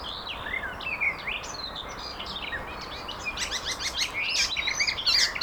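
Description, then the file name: Icterine warbler song, a continuous jumble of quick squeaky and harsh notes, quieter at first, then denser rapid bursts, with constant background noise. Garching, 16 May 2013. "Gelbspoetter. Garching. Daniel Honold"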